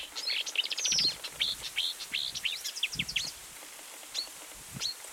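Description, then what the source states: Marsh warbler song: a quick run of varied high chirps and slurred whistles, then a few isolated notes, with some low thumping underneath. Recorded on 10 July 2019.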